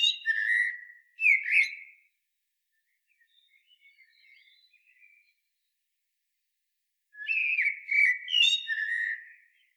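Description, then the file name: Common blackbird singing a rich, low whistled phrase with a sharp upward flourish, then soft high twittering, then another full fluty phrase after a pause. "Turdus merula"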